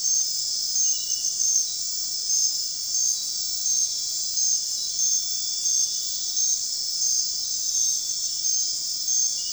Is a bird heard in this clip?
no